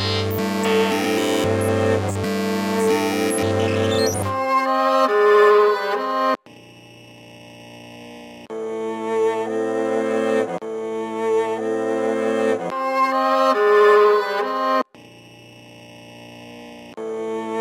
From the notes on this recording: the old record shnarlgs-shnarlgs and the patephone winds up and down